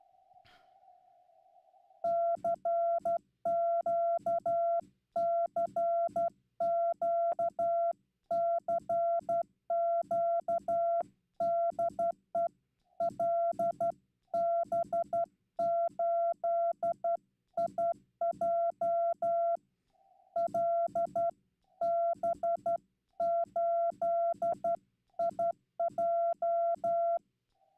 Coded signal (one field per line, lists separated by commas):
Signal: Morse code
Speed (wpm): 12 wpm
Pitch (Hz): 680 Hz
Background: none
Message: CQ CQ CQ DE LB8IJ LB8IJ